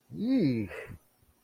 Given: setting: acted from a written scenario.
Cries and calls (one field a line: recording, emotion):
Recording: vocal sound without words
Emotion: negative surprise